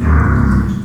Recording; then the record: squeal of a Yucatan mini pig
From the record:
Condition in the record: after surgery on the right vocal fold (resection and tissue-engineered implant); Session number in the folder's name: 17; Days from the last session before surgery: 195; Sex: female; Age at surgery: 19 weeks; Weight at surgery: 25 kg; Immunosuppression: prednisolone